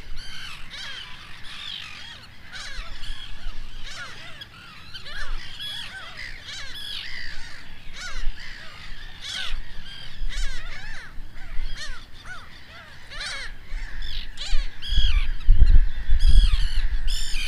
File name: szerecsensiraly hangja